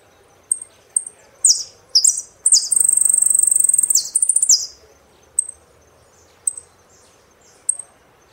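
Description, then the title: Saffron finch giving scattered high chips, then a burst of slurred notes and a fast trill midway, followed again by spaced single high notes. "Jilguero Argentino"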